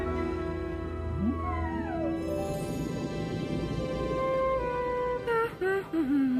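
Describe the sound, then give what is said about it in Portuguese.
Whale calls from a group of whales: long tonal moans that sweep up and down in pitch, overlapping one another above a steady low rumble, ending in a series of wavering, warbling cries. “um grupo de baleias à direita.”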